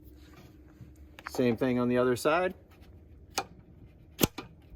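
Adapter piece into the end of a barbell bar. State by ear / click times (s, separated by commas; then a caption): seated / 4.2 s. An adapter piece for a Hydro-Tone barbell kit is pushed with a little force into the second end of the barbell bar while someone talks. A sharp click at 4.2 s marks its spring pin locking into place, and the adapter is seated.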